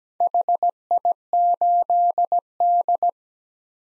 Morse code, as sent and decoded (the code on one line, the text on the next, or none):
.... .. ---.. -..
HI8D